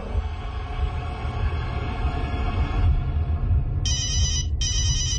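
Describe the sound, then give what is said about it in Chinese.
A low steady rumble fills the background, then a shrill electronic telephone ring cuts in with two rapid bursts of trilling, high-pitched tones near the end: an urgent phone call early in the morning, just after six o'clock. “一阵急促嘅电话声之后，已经系第二日嘅朝头早，睡梦中嘅张建文被吵醒咗”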